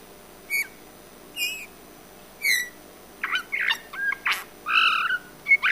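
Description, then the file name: Eurasian bullfinch calls: three spaced, soft piping notes, followed by a faster cluster of creaky, squeaky and harmonic notes toward the end. "Pyrrhula pyrrhula"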